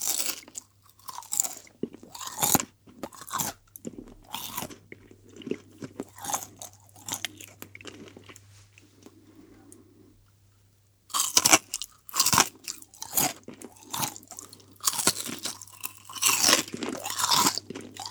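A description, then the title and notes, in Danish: Crisp bacon is crunched close to the microphone, a run of sharp, bright bites and chewing crackles arriving in irregular bursts. Activity thins and nearly pauses around ten to eleven seconds, then returns louder and denser. A low steady hum sits underneath throughout. Nyd den intense – nærmest hypnotiserende – lyd af sprød bacon, der knases for åben mikrofon.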